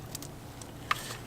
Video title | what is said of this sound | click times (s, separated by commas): GM 2.0L Turbo Diesel RaceChip Installation - Chevrolet Cruze - Malibu | so we'll take that and go ahead and plug that in make sure it locks | 0.9 s